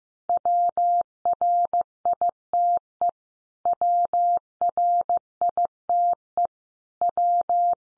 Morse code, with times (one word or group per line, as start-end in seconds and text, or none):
0.3-3.1 WRITE
3.7-6.5 WRITE
7.0-7.7 W